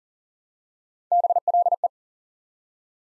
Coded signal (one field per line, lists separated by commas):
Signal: Morse code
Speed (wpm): 40 wpm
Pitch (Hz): 700 Hz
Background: none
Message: BLE